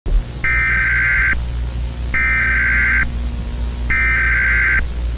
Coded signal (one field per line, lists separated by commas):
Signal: Emergency Alert System (SAME) tones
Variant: header bursts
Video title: Chuck E Cheese’s | A Halloween EAS Scenario